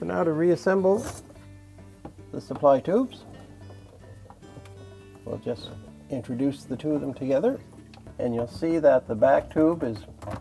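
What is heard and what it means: During a Whirlpool dishwasher spray arm seal replacement (part WP8268340), the two plastic supply tubes are brought together and aligned before being rotated and latched into the pump housing. Someone talks throughout, with faint brief handling taps around 2.1, 4.3 and 4.7 seconds. Nothing has seated or clicked yet.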